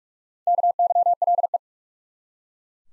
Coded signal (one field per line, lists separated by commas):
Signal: Morse code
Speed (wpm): 42 wpm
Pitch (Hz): 700 Hz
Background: none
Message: KYLE